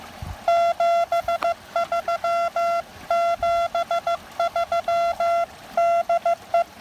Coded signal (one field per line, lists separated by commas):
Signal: Morse code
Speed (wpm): 16 wpm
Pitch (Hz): 680 Hz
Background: none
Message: 73 73 DE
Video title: A windy, creekside QRP activation of Pisgah National Forest with the TX-500, ZM-2, and PackTenna 9:1